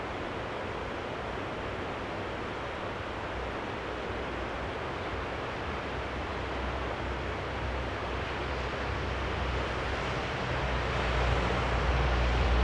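A soundscape at Lauterbach Church: a steady, dense wash of hiss and rumble with no distinct events standing out. The level creeps up gradually, and in the last couple of seconds a deeper low rumble swells, like a passing vehicle.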